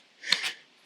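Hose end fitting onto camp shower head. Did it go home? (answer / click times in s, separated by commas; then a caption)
yes / 0.3 s. The end of a hose is pushed onto the fitting of a camp shower head, making a brief broadband rubbing and scraping sound. A sharp click at 0.3 seconds stands out in the middle of it. The fitting clicks and seats on the shower head.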